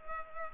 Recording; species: mosquito wingbeat signal from an infrared sensor; Culex pipiens